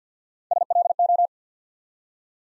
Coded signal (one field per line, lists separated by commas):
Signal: Morse code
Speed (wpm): 51 wpm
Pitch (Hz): 700 Hz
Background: none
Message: SLO